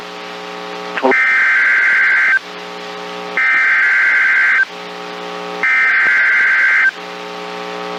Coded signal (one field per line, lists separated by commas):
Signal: Emergency Alert System (SAME) tones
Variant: header bursts